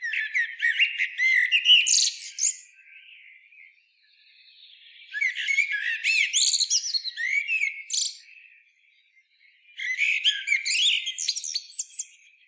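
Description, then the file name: Eurasian blackbird giving three separate song phrases, each a run of fluted whistles that turns into a jumbled high chatter, with quiet gaps between them. "Turdus merula"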